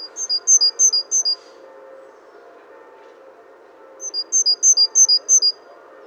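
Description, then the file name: Great tit singing two bursts of repeated see-saw two-note phrases, separated by a pause, over a constant low hum. "Parus major"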